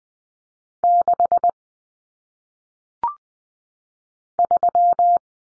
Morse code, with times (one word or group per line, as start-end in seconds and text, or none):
0.8-1.5 6
4.4-5.2 3